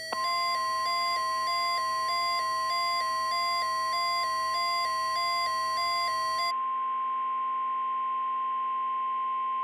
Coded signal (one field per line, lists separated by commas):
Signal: Emergency Alert System (SAME) tones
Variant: 1050 Hz attention tone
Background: music